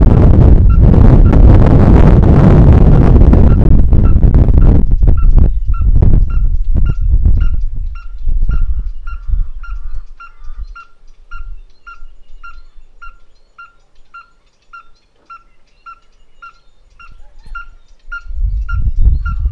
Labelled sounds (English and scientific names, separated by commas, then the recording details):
Red-fronted Tinkerbird (Pogoniulus pusillus)
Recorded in northern Uganda